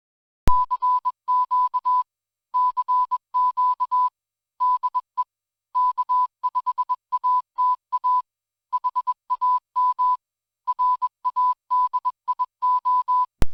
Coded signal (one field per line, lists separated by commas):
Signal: Morse code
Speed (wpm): 21 wpm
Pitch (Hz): 1000 Hz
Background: music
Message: CQ CQ DE K5ATA HAM RADIO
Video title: Radioddity GS-5B Waterproof Test and Review